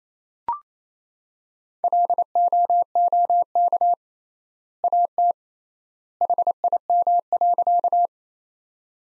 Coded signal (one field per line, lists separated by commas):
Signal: Morse code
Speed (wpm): 29 wpm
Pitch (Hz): 700 Hz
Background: none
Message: LOOK AT HIM.